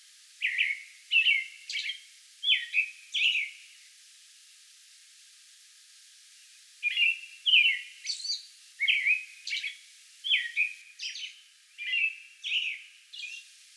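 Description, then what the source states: American robin song: runs of short whistled caroling phrases, a pause of about three seconds, then another steady run of rising and falling notes with high squeaky accents. Song bout on May 11.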